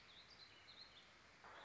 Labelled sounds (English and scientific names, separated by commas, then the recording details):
Warbling Vireo (Vireo gilvus)
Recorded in Sonoma County, California